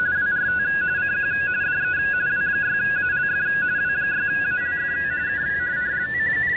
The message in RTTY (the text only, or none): WRT CQ DE W6ALF W6ALF K